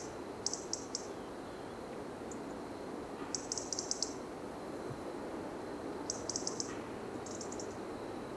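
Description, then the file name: European robin giving clustered high ticking calls in brief rapid series, separated by short pauses, with faint hiss beneath. "Erithacus rubecula"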